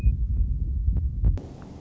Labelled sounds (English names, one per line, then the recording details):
Western Meadowlark
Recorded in Sonoma County, California